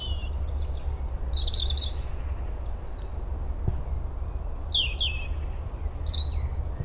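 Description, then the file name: European robin song: high, tinkling phrases with fast slides and trills, one cluster early and another after a short gap, set against a continuous deep hum. "Erithacus rubecula"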